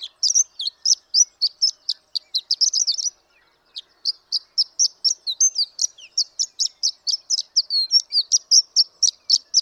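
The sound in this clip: Horned lark song: high tinkling notes in a rapid series, a short pause midway, then the bright twittering run resumes.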